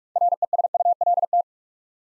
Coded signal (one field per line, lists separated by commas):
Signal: Morse code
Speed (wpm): 44 wpm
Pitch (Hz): 700 Hz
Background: none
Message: RESULT